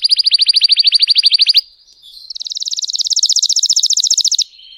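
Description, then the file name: Canary song: a fast trill of rapid pulses, then a brief soft pause and a second, higher and even faster trill that swells and then stops. Song of a red frosted Belgian canary. "canto do canario belga vermelho nevado"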